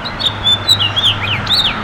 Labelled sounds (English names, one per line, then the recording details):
House Finch song
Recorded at Glen Cove on Long Island, New York, on 14 June 2013
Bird A